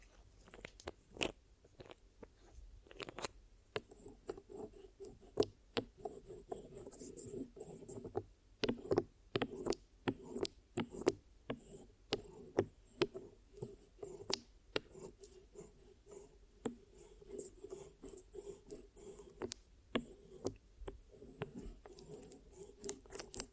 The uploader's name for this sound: Glue Ear Massage and Cleaning